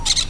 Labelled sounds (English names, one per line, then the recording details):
Brown-throated Parakeet contact call
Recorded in Venezuela
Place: Cerro Saroche, Hato Dalmatela, Edo. Lara
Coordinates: 10.149, -69.534